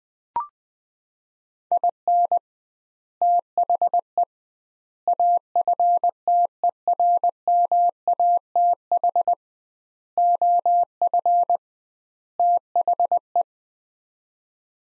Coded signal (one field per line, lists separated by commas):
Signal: Morse code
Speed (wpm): 20 wpm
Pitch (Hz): 700 Hz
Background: none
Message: IN THE AFTERMATH OF THE